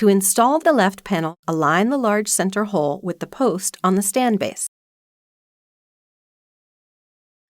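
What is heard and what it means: The left side panel of a Xerox B410 printer stand is lined up with its large center hole over the post on the stand base, getting ready to be slid back and pushed home. Someone talks for about the first 4.7 seconds, and then there is silence. Nothing has clicked or seated yet.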